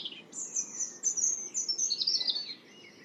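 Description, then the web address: European robin song of long, very high drawn-out whistles linked by soft tinkling flourishes, slightly fainter against a faint hiss. "Deverinetal 2025"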